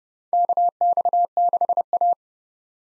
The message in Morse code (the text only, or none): KX6A